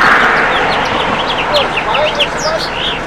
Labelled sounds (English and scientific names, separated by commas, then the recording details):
House Finch (Haemorhous mexicanus) song
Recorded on Long Island, New York, on 23 June 2012
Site JA
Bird A